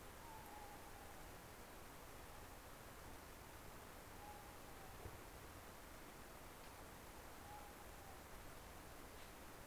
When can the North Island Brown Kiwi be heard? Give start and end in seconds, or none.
none